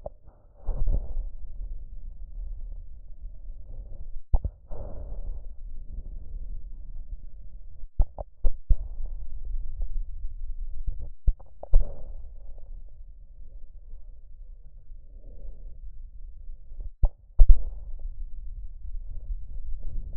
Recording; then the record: lung sounds by stethoscope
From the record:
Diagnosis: chronic bronchitis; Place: left posterior upper chest